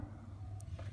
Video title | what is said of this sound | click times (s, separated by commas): Protocole Gopro | jusqu'au petit clic | 0.6 s